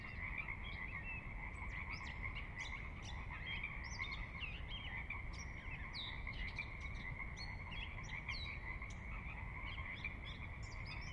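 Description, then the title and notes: Pacific Chorus Frog chorus, steady overlapping croaking with many short high chirping notes scattered over it and a constant low wash of flowing water. Recorded at midnight on the valley floor of Sinlahekin Valley, Sinlahekin Wildlife Area, Washington, glacier-dug trench near the Cascades' northeastern slope; distant water spillage in background; unprocessed raw recording. "Sinlahekin Valley midnight. the ever-present Pacific Chorus Frogs that are a fixture of the Northwest Soundscape"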